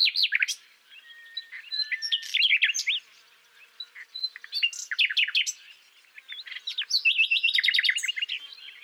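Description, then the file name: Common nightingale singing jumbled phrases of quick slurred whistles and chirps, with short gaps. "Luscinia megarhynchos"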